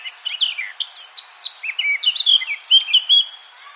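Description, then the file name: Eurasian blackcap song, a rich rapid warble mixing rising and falling whistled notes with brighter fluting phrases. "Sylvia atricapilla"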